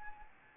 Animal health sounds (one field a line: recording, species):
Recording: mosquito wingbeat signal from an infrared sensor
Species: Anopheles arabiensis